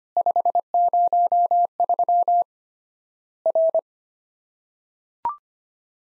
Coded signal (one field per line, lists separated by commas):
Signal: Morse code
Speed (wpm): 25 wpm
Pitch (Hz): 700 Hz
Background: none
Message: 503 R